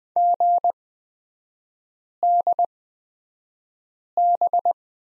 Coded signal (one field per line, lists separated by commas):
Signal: Morse code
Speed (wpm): 20 wpm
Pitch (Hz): 700 Hz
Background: none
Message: GDB